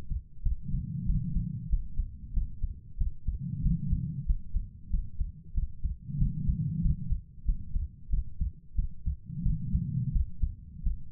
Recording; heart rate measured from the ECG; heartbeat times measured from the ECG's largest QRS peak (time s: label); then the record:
heart sounds by stethoscope; 92 bpm
0.42 s: heartbeat
1.05 s: heartbeat
1.68 s: heartbeat
2.33 s: heartbeat
2.97 s: heartbeat
3.61 s: heartbeat
4.25 s: heartbeat
4.89 s: heartbeat
5.53 s: heartbeat
6.17 s: heartbeat
6.81 s: heartbeat
7.44 s: heartbeat
8.09 s: heartbeat
8.74 s: heartbeat
9.42 s: heartbeat
10.11 s: heartbeat
10.82 s: heartbeat
From the record:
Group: healthy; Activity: cold pressor test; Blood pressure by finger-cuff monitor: 127/65 mmHg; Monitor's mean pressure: 87 mmHg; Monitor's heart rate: 94 bpm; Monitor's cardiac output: 8.3 L/min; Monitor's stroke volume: 89 mL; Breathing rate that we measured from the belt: 21 breaths a minute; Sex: female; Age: 32 years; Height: 172 cm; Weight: 71.7 kg